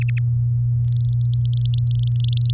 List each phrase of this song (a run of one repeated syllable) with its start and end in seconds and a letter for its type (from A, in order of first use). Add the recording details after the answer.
0.92-2.52 A. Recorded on 7 May 2018 at 19:49. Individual llb16